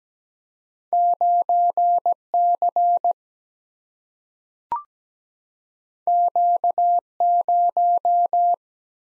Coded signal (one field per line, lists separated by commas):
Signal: Morse code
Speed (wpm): 17 wpm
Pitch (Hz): 700 Hz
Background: none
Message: 9 C Q 0